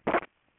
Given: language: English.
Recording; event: throat vibration sensor signal played as sound; swallow